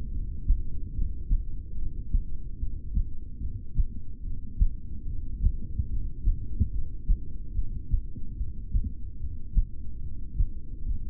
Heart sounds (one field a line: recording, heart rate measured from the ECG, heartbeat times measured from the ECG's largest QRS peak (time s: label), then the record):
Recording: heart sounds by stethoscope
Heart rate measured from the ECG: 73 bpm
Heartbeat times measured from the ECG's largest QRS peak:
0.08 s: heartbeat
0.90 s: heartbeat
1.72 s: heartbeat
2.55 s: heartbeat
3.36 s: heartbeat
4.19 s: heartbeat
5.02 s: heartbeat
5.85 s: heartbeat
6.68 s: heartbeat
7.50 s: heartbeat
8.33 s: heartbeat
9.15 s: heartbeat
9.98 s: heartbeat
10.81 s: heartbeat
From the record:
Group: heart failure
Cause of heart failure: ischemic heart disease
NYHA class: 2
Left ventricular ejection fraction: 28%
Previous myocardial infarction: present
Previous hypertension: present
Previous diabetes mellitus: present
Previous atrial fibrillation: present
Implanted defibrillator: present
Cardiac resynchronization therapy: present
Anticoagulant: apixaban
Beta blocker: bisoprolol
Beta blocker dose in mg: 10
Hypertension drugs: sacubitril-valsartan, spironolactone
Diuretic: furosemide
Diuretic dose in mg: 20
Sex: male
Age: 62 years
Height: 178 cm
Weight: 88.3 kg